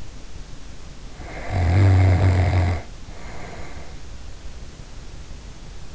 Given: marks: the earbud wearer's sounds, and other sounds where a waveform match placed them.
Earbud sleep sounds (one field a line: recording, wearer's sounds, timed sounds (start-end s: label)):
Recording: sounds in sleep by an in-ear microphone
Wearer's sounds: snoring breath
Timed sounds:
1.05-4.26 s: snoring breath